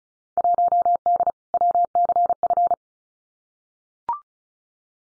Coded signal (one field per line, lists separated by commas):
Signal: Morse code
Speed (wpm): 36 wpm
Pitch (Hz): 700 Hz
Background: none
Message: 1D WCF